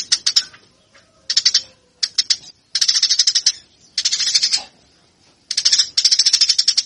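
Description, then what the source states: Eurasian tree sparrow uttering bursts of rapid, scratchy chirps separated by brief silences. Eurasian tree sparrow fighting call, local name burung gereja, used as a master track for training birds.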